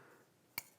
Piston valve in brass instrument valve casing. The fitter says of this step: and then you slide it back down and you should hear it click into place now i rotate the valve clockwise